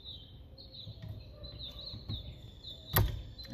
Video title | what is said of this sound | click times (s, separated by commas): 10 min 0 to 100 in 24 hours Acura tsx con windshield cubre volante y portaplaca de grant cardone 10X | Así de fácil, hizo clic. | 3.0 s